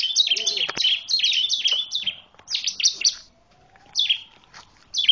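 Bar-winged prinia song: rapid high chirps in short bursts with gaps, plus a faint rising whistle-like tone in the middle.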